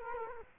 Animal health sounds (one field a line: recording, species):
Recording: mosquito wingbeat signal from an infrared sensor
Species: Culex quinquefasciatus